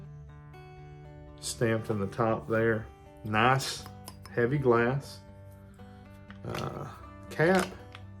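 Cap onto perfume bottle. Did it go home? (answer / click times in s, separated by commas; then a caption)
yes / 7.9 s. A cap is put back onto a heavy glass perfume bottle while someone talks. A sharp, short hit is heard at 7.9 s as the cap clicks into place.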